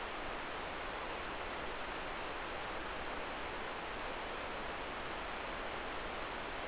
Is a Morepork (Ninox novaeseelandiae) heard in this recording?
no